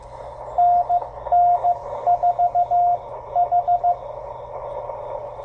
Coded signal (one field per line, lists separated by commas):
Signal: Morse code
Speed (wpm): 16 wpm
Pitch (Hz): 700 Hz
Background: radio noise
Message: NN4H